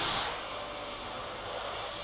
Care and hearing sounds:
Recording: daily activity, microphone in the room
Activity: vacuum cleaning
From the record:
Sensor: 5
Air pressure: 992.0 hPa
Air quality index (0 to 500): 175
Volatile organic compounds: 621 ppm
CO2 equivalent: 4959 ppm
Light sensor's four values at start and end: 28/98/36/38 and 28/97/36/38

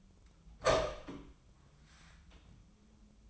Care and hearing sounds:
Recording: daily activity, microphone in the room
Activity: open door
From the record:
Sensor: 1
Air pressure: 1004.9 hPa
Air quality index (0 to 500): 82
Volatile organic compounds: 2 ppm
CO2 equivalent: 1105 ppm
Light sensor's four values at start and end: 9/22/9/9 and 9/22/9/9

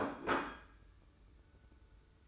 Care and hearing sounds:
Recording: daily activity, microphone in the room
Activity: place plate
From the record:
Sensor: 2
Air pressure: 990.7 hPa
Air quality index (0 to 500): 151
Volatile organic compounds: 422 ppm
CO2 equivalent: 4706 ppm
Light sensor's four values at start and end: 26/62/25/25 and 26/62/25/25

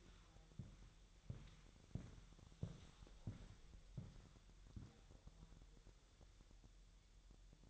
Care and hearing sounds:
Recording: daily activity, microphone in the room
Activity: walk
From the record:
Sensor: 3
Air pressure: 1002.0 hPa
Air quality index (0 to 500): 246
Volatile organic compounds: 121 ppm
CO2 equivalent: 3881 ppm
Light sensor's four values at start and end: 9/22/9/9 and 9/21/9/9

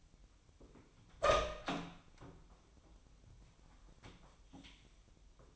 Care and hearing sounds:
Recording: daily activity, microphone in the room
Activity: open door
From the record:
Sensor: 1

